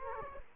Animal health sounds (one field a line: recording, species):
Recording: mosquito wingbeat signal from an infrared sensor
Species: Culex quinquefasciatus